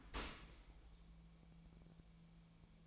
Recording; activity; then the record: daily activity, microphone in the room; open dishwasher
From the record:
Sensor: 1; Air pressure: 1000.5 hPa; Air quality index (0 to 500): 180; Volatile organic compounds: 4 ppm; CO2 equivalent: 1661 ppm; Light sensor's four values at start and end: 10/25/10/12 and 10/25/10/12